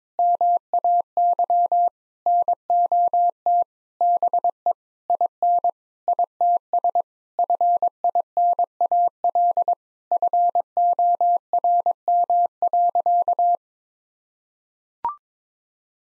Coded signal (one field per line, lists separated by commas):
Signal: Morse code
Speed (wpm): 22 wpm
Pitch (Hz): 700 Hz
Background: none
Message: MAY NOT BE IN ITS FINAL FORM.